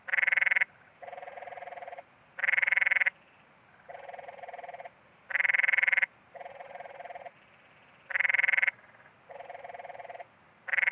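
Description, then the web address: Canyon tree frogs trading rapid rattling trills, a louder frog roughly every three seconds answered by a fainter one in between, steady back-and-forth rhythm. Western North America. "Dan Gibson Wildlife Identification By Sound, Western North America. Canyon Tree Frog"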